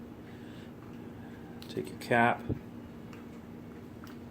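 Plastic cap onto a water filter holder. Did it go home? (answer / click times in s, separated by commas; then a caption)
no / none. A plastic cap is being handled and fitted over the charcoal water filter in its holder for a Keurig Hot 2.0 K525 Plus, with someone talking briefly around the middle. A few faint taps and rustles sit over a low steady hum, but nothing has seated or clicked yet.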